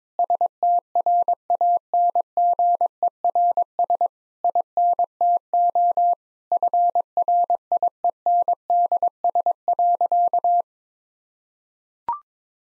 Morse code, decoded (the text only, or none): STRANGERS INTO FRIENDS.